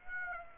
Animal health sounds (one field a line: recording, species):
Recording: mosquito wingbeat signal from an infrared sensor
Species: Aedes aegypti